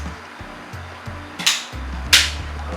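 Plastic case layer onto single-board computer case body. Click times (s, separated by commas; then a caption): 1.5 s. A plastic case layer is set onto the body of a Raspberry Pi single-board computer case and pressed down, and it snaps into place with a sharp click at 1.5 s. A second bright crack follows around 2.1 s, over a steady low hum. The layer is seated.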